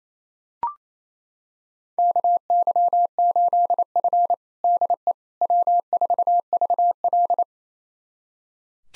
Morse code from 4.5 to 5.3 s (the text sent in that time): DE